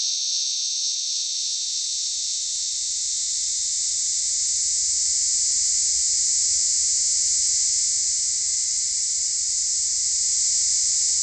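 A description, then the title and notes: A cicada drones without pause, a dense, bright buzzing hiss that holds steady from start to finish and swells slightly louder after the first few seconds. Beneath it sits a faint low rumble, with a soft click near the very beginning. Cicada.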